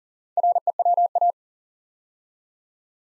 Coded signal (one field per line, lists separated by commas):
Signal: Morse code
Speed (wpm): 38 wpm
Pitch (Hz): 700 Hz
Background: none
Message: REWA